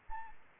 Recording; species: mosquito wingbeat signal from an infrared sensor; Anopheles arabiensis